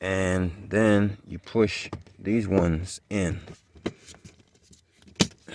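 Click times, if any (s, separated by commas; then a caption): 5.2 s. Someone talks, then pushes the side panel of a Lexus LS460's center console into the console, and its plastic retaining clips snap into place. Faint small knocks come first, then a sharp snap at 5.2 s as the panel seats.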